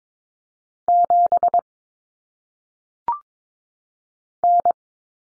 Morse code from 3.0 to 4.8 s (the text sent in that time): N